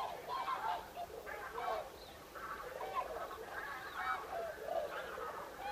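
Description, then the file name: Common cranes calling together, a busy mix of ringing, rolling trumpet notes from several birds, fairly even in loudness throughout. Recorded 5 November 2018. "2018 11 05 zurawie"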